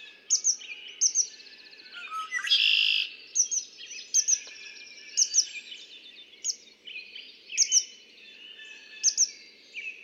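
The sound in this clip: Red-winged blackbird song: a harsh buzzing trill early on, with many repeated doubled high chips before and after.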